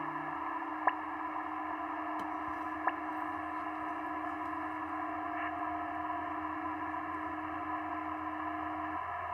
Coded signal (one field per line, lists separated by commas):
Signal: PSK31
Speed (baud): 31.25 baud